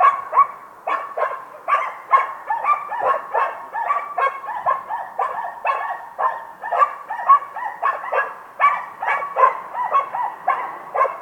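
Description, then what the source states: Several dogs bark at once, quick overlapping woofs, never pausing. Distant dogs barking.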